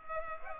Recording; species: mosquito wingbeat signal from an infrared sensor; Culex pipiens